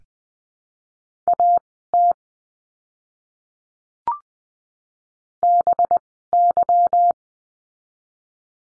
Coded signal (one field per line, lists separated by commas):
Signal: Morse code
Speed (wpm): 20 wpm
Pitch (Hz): 700 Hz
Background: none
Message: AT BY